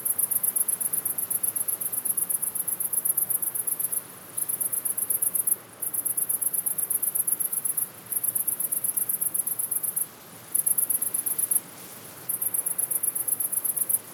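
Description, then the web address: Cricket chirping in rapid high pulses, in long runs broken by short pauses, with wind noise underneath. "best service Blue Box animals crickets wind"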